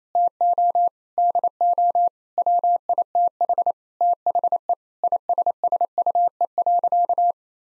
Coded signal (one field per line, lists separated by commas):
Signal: Morse code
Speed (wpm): 28 wpm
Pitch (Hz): 700 Hz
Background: none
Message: TO DO WITH THE ISSUE.